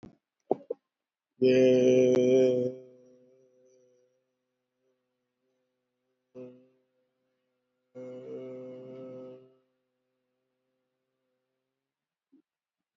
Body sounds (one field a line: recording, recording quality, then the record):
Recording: sustained vowel as in made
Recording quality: moderate, slight background noise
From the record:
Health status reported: COVID-19 positive, moderate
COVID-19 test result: positive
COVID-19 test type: RT-PCR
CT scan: not taken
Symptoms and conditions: breathing difficulty, fever, loss of smell and taste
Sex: male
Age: 38 years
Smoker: no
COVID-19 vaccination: none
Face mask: worn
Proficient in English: yes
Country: India